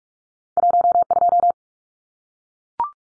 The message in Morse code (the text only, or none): 12